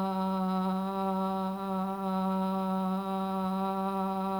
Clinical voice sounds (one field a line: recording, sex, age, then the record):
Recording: sustained vowel /a/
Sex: female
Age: 50 to 59 years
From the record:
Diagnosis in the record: amyotrophic lateral sclerosis, bulbar signs present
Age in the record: 54 years